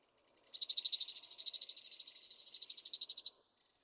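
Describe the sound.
Chipping Sparrow song, one steady high-pitched trill of fast dry chips, about three seconds long, ending abruptly.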